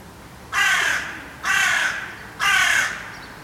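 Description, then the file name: Carrion crow giving three harsh, rasping caws, each about half a second long and spaced roughly a second apart, over quiet background. "Corvus corone"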